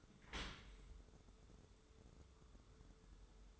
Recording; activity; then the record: daily activity, microphone in the room; open dishwasher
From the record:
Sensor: 3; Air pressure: 1014.9 hPa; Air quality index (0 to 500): 40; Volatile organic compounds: 1 ppm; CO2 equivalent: 595 ppm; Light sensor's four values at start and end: 11/26/11/11 and 12/27/11/11